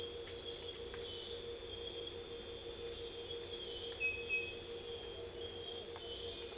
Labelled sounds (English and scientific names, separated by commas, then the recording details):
none
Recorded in dense forest near Puerto Asís, Putumayo, Colombia, on 22 December 2024 at 02:00
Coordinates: 0.482, -76.320
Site G021